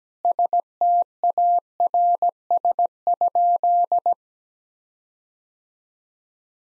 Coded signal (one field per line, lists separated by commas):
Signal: Morse code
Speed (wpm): 17 wpm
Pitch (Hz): 700 Hz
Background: none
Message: STARS?